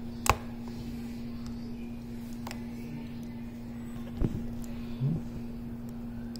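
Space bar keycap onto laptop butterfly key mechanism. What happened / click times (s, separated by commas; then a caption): The keycap snapped on once but did not fully seat / 0.3 s. A plastic space bar keycap is pressed onto the butterfly key mechanism of a MacBook laptop keyboard, giving a sharp click at 0.3 s, a fainter tick at 2.5 s, and a couple of soft knocks later over a steady low hum. The keycap is only partly on and is not fully seated.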